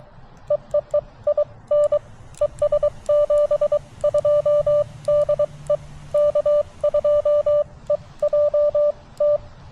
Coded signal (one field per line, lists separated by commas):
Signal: Morse code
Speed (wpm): 23 wpm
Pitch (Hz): 590 Hz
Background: none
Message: EE EIN ES 72 DE K2EJT